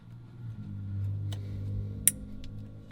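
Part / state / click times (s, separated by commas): cable plug into the back of a hidden-unit UHF radio / seated / 2.1 s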